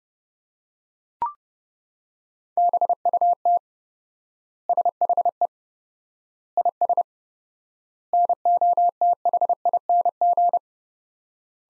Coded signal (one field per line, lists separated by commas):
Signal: Morse code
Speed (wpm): 30 wpm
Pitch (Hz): 700 Hz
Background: none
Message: BUT SHE IS NOTHING